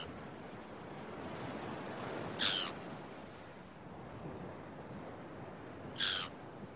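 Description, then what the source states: Gull giving two loud, harsh calls about three and a half seconds apart against a soft background of waves. Gulls early in the morning at the beach, with waves.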